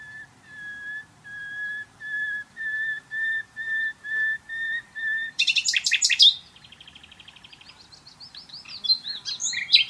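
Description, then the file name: Common nightingale song: a long series of clear, piping whistled notes growing louder, then an abrupt rattling burst and fast chattering trills. "Luscinia megarhynchos"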